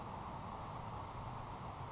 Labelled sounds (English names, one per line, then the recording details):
Grasshopper Sparrow
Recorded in Sonoma County, California